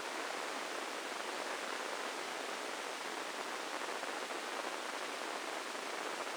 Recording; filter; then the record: brain microelectrode recording played as sound; spike band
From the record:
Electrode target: subthalamic nucleus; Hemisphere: left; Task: reaching with the right hand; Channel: 1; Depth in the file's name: 4.826 mm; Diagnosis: Parkinson's disease